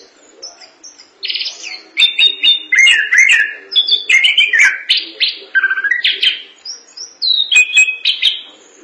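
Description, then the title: Thrush singing a varied, fast medley of clear whistles, slurred rising notes and chattering bursts, after a soft opening second. "burung anis"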